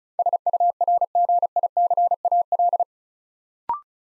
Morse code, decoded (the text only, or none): SURGICAL